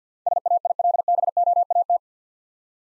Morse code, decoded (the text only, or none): SAILBOAT